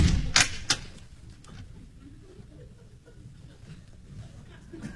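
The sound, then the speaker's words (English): A door thuds shut as a man leaves, and a sharp click follows a moment later as he locks it behind him. A few faint rattles come next over a low, steady background murmur. “He walked off right under your nose, didn't he? And he locked the door behind him.”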